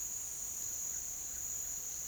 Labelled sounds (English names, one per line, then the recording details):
none
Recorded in pastures near Puerto Asís, Putumayo, Colombia, on 25 June 2025 at 07:00
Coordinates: 0.487, -76.322
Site H26